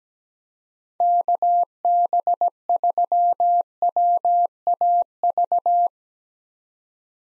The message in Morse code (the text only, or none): KB3WAV